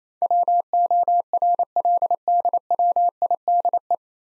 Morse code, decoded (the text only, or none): WORLDWIDE